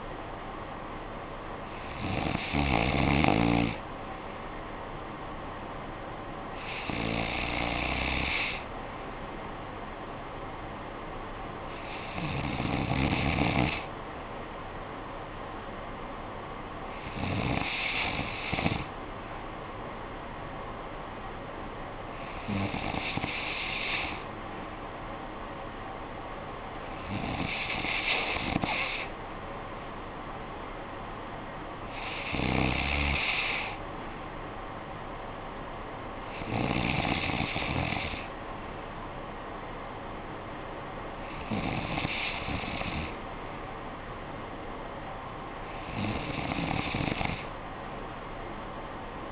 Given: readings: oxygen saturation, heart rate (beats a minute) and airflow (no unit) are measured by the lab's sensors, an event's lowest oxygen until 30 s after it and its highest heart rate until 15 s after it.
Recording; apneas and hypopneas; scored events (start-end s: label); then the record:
breathing in sleep by a voice recorder at the bedside; none
none scored
From the record:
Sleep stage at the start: N3 (deep sleep); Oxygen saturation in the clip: 94%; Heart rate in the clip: 56 to 61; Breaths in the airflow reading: 10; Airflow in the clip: -9.3 to 5.4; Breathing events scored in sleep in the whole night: 445 in 7.6 hours asleep